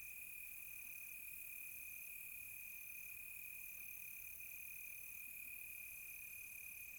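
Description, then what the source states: Crickets trilling continuously at a single high pitch, with a fainter higher band above the steady drone. Close crickets on a quiet tropical night.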